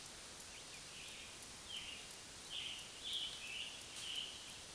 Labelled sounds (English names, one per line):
Scarlet Tanager song